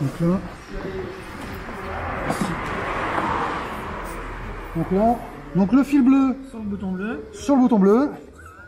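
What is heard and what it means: A blue wire's connector is being pushed onto the blue button terminal of a reflector's wiring while someone talks. Handling noise runs under the speech, and a broad rustle builds around 2–4 seconds. Nothing has seated or clicked yet by the end of the clip.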